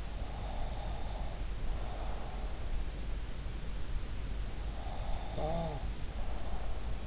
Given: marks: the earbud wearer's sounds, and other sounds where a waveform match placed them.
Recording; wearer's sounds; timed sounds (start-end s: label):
sounds in sleep by an in-ear microphone; breath, snoring breath
0.34-2.54 s: breath
4.63-7.07 s: snoring breath